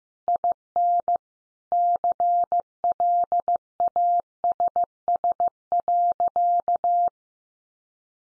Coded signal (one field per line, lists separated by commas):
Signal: Morse code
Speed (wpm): 14 wpm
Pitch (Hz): 700 Hz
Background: none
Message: IN CLASS.